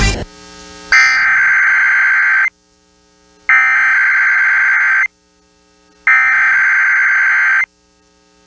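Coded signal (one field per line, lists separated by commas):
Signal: Emergency Alert System (SAME) tones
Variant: header bursts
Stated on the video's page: Required Monthly Test run as an earthquake and tsunami drill.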